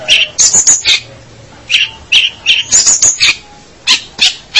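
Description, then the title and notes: Long-tailed shrike song: harsh rasping bursts mixed with short high whistled notes, delivered in irregular clusters with brief pauses. "Pentet 201703. Suara burung pentet"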